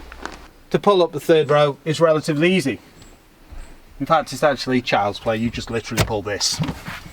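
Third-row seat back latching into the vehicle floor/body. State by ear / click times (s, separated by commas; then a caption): not seated / none. Someone talks while handling the fold-down third-row seat in the boot of a SsangYong Rexton SUV, about to pull a strap to raise the seat back so it latches upright into the vehicle floor and body. Two brief sharp taps sound near 0.1 and 0.3 s before the speech. Nothing has seated or clicked yet.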